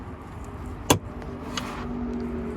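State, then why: Seated. On a Ford Excursion, the rear door latch is pushed back onto its mount inside the trim area until it pops into place. A sharp click sounds at 0.9 s, followed by two fainter ticks around 1.2 s and 1.6 s over a steady low background hum. The latch is seated on its mount.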